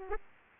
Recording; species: mosquito wingbeat signal from an infrared sensor; Aedes aegypti